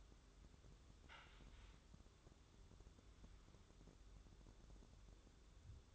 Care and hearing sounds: daily activity, microphone in the room; wipe stove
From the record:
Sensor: 3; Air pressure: 1015.0 hPa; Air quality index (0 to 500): 81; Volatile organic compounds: 2 ppm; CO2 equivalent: 1096 ppm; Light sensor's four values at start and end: 15/39/15/16 and 15/39/15/16

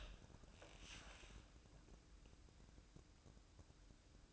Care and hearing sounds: daily activity, microphone in the room; open door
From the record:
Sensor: 2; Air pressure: 1012.2 hPa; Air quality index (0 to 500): 158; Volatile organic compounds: 2 ppm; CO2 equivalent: 1151 ppm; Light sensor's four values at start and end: 432/1084/441/466 and 431/1082/440/464

